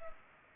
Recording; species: mosquito wingbeat signal from an infrared sensor; Culex pipiens